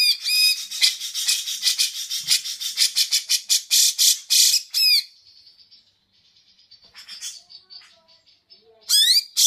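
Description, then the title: Grey-cheeked bulbul with a long rasping, rattling run of notes, then a thin whistled tone and another harsh burst at the end. Masteran training song, long duration. "Cucak Jenggot Masteran Durasi Panjang"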